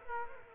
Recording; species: mosquito wingbeat signal from an infrared sensor; Culex quinquefasciatus